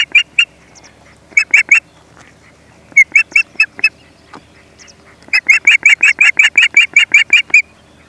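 Osprey whistling in short groups of sharp chirps, building into a long, steady run of rapid piercing notes near the end.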